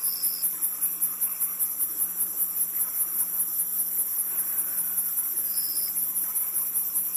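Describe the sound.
Crickets trilling in a dense, rhythmic high-pitched chorus, two brief thin tones at the start and near the end, plus a quiet hum.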